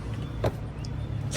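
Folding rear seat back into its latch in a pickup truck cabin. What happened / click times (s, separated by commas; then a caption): The folding seat back latched upright / 0.5 s, 0.8 s. A rear seat back in the cabin of a Cybertruck pickup is raised after its release is pulled, then pushed up hard until it latches upright. Over a low, steady background rumble, a thud is heard at 0.5 s and a sharp click at 0.9 s. The seat back is seated and locked in place.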